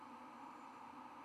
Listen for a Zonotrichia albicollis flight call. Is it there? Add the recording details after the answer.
no. No flight call is heard. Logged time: 02:41 on 24 November 2014